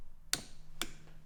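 A preset torque wrench tightens the stock bolts on a Tikka T3x/T1x rifle fitted with a GRS Bifrost replacement stock. A sharp, bright click at 0.3 s marks the wrench reaching its set torque, and a second, slightly quieter click follows at 0.8 s. The click confirms the bolts are tightened to the required amount.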